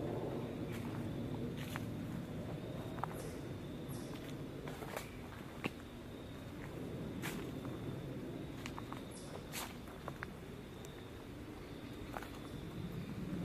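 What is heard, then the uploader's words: An outdoor autumn walk with a steady low rumble underneath, like traffic, running throughout. Short sharp crackles and taps come every second or so, possibly footsteps on leaves or twigs, and a faint thin tone holds steady high above. Nature Walkabout in Fall.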